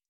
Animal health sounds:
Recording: hydrophone in a shrimp aquaculture tank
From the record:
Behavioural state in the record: stressed

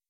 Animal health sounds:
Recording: hydrophone in a shrimp aquaculture tank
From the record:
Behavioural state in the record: weakened

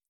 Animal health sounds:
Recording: hydrophone in a shrimp aquaculture tank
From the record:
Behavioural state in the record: feeding

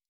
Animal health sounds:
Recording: hydrophone in a shrimp aquaculture tank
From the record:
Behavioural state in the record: stressed

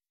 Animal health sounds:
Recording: hydrophone in a shrimp aquaculture tank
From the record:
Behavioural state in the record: weakened

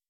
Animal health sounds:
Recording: hydrophone in a shrimp aquaculture tank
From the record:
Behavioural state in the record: weakened

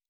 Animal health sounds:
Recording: hydrophone in a shrimp aquaculture tank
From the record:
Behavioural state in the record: normal

